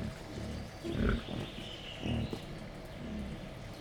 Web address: allathangok jaszberenyizoo 2015 professzionalis vaddiszno etetesrefelajzva 04 28